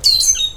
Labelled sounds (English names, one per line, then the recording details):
Stitchbird song
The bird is a male
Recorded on Tiritiri Matangi Island, New Zealand, in 2005
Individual 3, of nest box 3